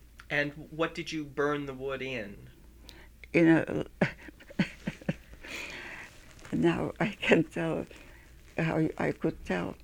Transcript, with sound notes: And what did you burn the wood in? [Laughs]
Now, I can tell how — I could tell